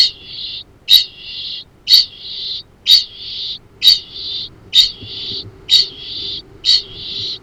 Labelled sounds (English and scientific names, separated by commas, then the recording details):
Kākāpō (Strigops habroptilus) ching call
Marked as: faintness 2/5
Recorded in New Zealand
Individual Arab